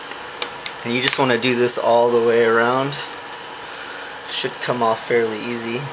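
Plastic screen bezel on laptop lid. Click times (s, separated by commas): 0.4 s, 0.7 s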